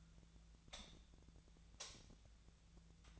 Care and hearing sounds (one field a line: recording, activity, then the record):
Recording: daily activity, microphone in the room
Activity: light off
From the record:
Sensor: 3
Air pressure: 1009.8 hPa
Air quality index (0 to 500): 189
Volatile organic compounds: 14 ppm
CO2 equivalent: 2469 ppm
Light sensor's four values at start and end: 46/117/50/52 and 40/99/43/46